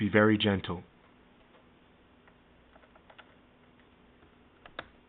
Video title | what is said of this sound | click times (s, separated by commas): HOW TO dell inspiron 1501 screen replacement | and then it'll snap right off you'll hear it snap just a little bit if you snap it too hard you're going to break it | 4.7 s, 4.8 s